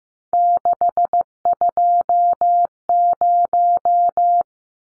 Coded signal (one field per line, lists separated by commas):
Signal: Morse code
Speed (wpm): 15 wpm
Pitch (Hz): 700 Hz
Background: none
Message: 620